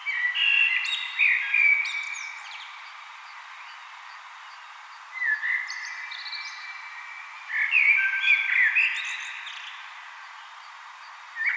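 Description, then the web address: Common blackbird singing three rich, fluting phrases, each mellow and warbling and closing with thin high twittering notes, separated by short silences, then a fourth phrase begins. "SETE Turdus merula"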